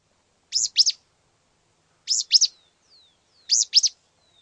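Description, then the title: Pale-breasted spinetail song: sharp high double notes, repeated about every one and a half seconds, with faint thin whistles between phrases. Subspecies australis. "LuckyPassaro Completos2Sama. Pale-breasted Spinetail (Synallaxis albescens australis)"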